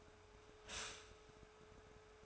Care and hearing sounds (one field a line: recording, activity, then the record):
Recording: daily activity, microphone in the room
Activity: stop toaster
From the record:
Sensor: 2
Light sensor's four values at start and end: 3/9/3/3 and 3/9/3/3